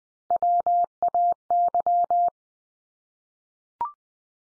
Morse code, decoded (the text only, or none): WAY